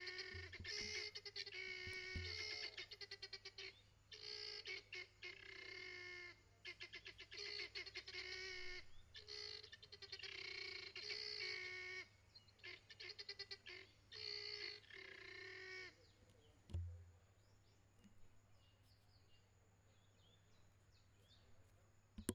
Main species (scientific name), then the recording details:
Numida meleagris. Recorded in northern Uganda